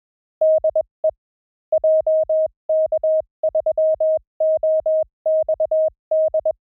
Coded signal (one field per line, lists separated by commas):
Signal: Morse code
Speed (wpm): 21 wpm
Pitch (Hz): 590 Hz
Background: none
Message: DE JK3OXD